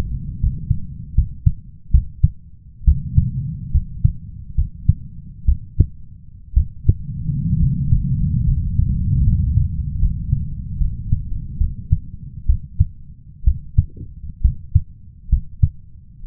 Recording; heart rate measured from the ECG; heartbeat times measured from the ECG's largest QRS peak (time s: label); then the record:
heart sounds by stethoscope; 68 bpm
0.40 s: heartbeat
1.15 s: heartbeat
1.91 s: heartbeat
2.84 s: heartbeat
3.71 s: heartbeat
4.55 s: heartbeat
5.45 s: heartbeat
6.54 s: heartbeat
7.57 s: heartbeat
8.44 s: heartbeat
9.23 s: heartbeat
9.99 s: heartbeat
10.78 s: heartbeat
11.58 s: heartbeat
12.46 s: heartbeat
13.44 s: heartbeat
14.42 s: heartbeat
15.30 s: heartbeat
16.24 s: heartbeat
From the record:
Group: healthy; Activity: rest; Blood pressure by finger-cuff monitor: 136/85 mmHg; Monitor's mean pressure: 100 mmHg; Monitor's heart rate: 68 bpm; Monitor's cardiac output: 5.6 L/min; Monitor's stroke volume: 79 mL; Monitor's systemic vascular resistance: 1280 dyn s/cm5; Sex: male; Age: 21 years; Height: 170 cm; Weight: 71 kg